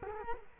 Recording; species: mosquito wingbeat signal from an infrared sensor; Culex quinquefasciatus